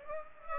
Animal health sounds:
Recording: mosquito wingbeat signal from an infrared sensor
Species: Aedes aegypti

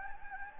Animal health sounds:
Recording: mosquito wingbeat signal from an infrared sensor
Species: Anopheles gambiae

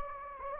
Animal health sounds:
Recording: mosquito wingbeat signal from an infrared sensor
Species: Anopheles gambiae

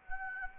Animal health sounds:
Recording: mosquito wingbeat signal from an infrared sensor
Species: Anopheles gambiae

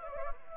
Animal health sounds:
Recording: mosquito wingbeat signal from an infrared sensor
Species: Anopheles gambiae

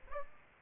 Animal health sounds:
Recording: mosquito wingbeat signal from an infrared sensor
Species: Aedes aegypti

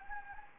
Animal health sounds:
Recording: mosquito wingbeat signal from an infrared sensor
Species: Anopheles gambiae

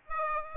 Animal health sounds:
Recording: mosquito wingbeat signal from an infrared sensor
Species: Aedes aegypti

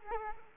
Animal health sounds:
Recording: mosquito wingbeat signal from an infrared sensor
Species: Culex quinquefasciatus

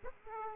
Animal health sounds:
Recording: mosquito wingbeat signal from an infrared sensor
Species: Aedes aegypti

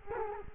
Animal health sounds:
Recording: mosquito wingbeat signal from an infrared sensor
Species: Culex quinquefasciatus

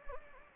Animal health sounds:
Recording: mosquito wingbeat signal from an infrared sensor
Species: Anopheles gambiae

